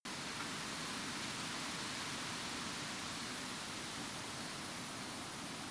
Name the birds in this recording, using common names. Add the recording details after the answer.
none. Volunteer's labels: Autre biophonie grillon diffu. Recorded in France